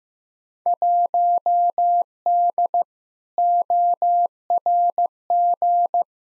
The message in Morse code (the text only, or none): 1D ORG